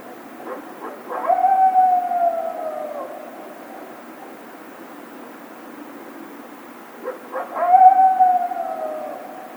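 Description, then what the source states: Coyote howls, a few short yips leading into a long wavering howl that slides down, then a second similar howl several seconds later. Several coyotes recorded on 28 March 2010.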